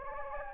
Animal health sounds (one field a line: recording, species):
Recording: mosquito wingbeat signal from an infrared sensor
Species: Anopheles gambiae